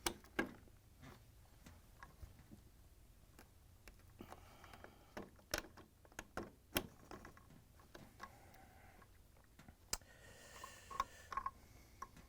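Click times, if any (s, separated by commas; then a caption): 0.1 s, 5.5 s, 9.9 s. Wire harness plugs are pushed one after another into the sockets on a new main power control board, part CSP30021077, for an LG/Kenmore refrigerator. Sharp ticks ring out as each plastic connector latches, at 0.1 s, 5.5 s and 9.9 s, with quieter handling noise in between. The connectors lock into place.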